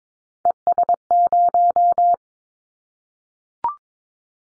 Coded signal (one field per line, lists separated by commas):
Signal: Morse code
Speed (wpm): 22 wpm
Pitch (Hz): 700 Hz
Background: none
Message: ES0